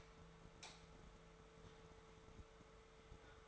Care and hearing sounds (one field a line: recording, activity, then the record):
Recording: daily activity, microphone in the room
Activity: light on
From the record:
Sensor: 3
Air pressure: 1014.6 hPa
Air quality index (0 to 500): 182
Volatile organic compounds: 19 ppm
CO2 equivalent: 2657 ppm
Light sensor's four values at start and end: 15/38/15/16 and 17/46/19/19